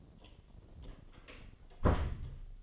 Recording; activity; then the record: daily activity, microphone in the room; close door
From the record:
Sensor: 4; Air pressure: 1007.9 hPa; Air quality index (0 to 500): 186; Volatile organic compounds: 6 ppm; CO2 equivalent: 1862 ppm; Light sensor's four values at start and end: 23/72/27/26 and 23/74/28/27